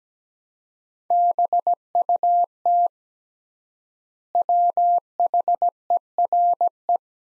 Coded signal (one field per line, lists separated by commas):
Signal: Morse code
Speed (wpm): 17 wpm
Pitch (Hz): 700 Hz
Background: none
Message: BUT WHERE